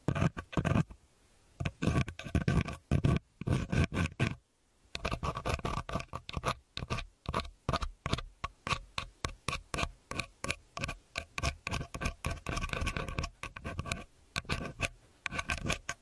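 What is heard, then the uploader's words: An earpick scrapes and scratches in quick, regular strokes, dense rustling bursts repeating steadily, with a brief pause just after four seconds. Use the earpick to help you remove earwax.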